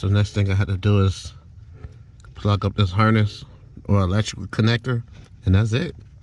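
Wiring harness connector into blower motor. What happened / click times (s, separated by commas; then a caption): The connector is being handled but has not clicked home yet / none. A man talks while handling the wiring harness electrical connector for the new blower motor of a 2009 Hyundai Elantra, about to plug it into the motor. Speech fills the clip, with only a couple of faint brief ticks near 2.2 s in a pause. Nothing has seated or clicked yet.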